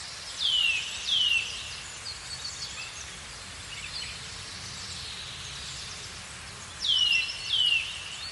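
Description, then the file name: Eurasian nuthatch giving sharp, falling whistled notes in two pairs, one at the start and one near the end, with faint high bird chatter between. "Sitta europaea"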